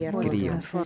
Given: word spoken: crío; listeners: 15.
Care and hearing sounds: one Spanish word in noise, from a listening test; four-talker babble; 0.4 dB; 0 of 15; 6 of 15; 0.46 s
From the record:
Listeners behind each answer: 6, 5, 4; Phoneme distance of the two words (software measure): 10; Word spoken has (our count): 2 syllables, 4 phonemes, stress on syllable 1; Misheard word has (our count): 2 syllables, 4 phonemes, stress on syllable 1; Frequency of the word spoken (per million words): 2.32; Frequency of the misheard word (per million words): 9.01

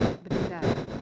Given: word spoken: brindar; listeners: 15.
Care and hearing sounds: one Spanish word in noise, from a listening test; noise modulated by one talker; -10.1 dB; 1 of 15; 10 of 15; 0.61 s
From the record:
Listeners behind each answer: 10, 1, 1, 1, 1, 1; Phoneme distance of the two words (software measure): 27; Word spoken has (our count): 2 syllables, 7 phonemes, stress on syllable 2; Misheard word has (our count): 2 syllables, 6 phonemes, stress on syllable 2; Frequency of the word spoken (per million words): 8.43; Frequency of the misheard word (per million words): 13.16

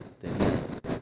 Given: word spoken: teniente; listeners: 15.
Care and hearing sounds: one Spanish word in noise, from a listening test; noise modulated by one talker; -9.1 dB; 0 of 15; 7 of 15; 0.62 s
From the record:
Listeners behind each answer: 7, 6, 1, 1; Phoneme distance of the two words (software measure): 31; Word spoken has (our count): 3 syllables, 8 phonemes, stress on syllable 2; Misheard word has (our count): 2 syllables, 5 phonemes, stress on syllable 2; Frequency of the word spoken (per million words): 33.06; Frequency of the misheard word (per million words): 380.37

